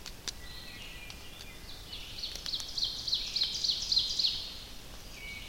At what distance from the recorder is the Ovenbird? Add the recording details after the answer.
about 40 m. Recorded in boreal forest in Alberta, Canada, on 29 May 2016 at 06:22. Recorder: SongMeter 3, array SBT-3-49. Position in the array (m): 142 m, 38 m. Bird 16